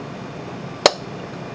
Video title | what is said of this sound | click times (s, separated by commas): Jabbour Research Lab Tutorial for Immunohistochemistry | and then you're going to put the cap on until it clicks | 0.9 s